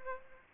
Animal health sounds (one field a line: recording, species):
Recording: mosquito wingbeat signal from an infrared sensor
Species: Aedes aegypti